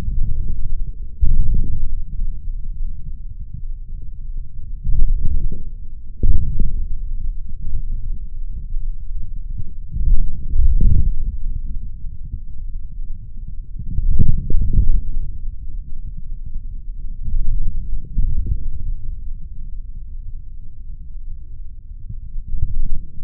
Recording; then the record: forearm muscle sounds (acoustic myography)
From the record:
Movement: forearm pronation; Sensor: system 3, bracelet of six PUI Audio POM-2738L microphones around the upper forearm, with dedicated amplification and filtering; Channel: 5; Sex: male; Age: 26 years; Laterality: right